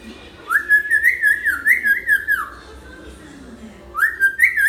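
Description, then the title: Hill myna whistling a long wavering phrase that falls at its close, then starting another rising whistled phrase after a pause. Actively singing hill myna, recording intended as a tutor for training other birds. "Suara Burung Beo Gacor Cocok Untuk Masteran"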